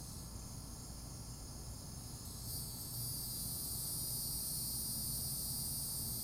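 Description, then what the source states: Cicada song, a continuous high droning buzz that swells louder partway through and then holds steady, with low rumble beneath. Florida.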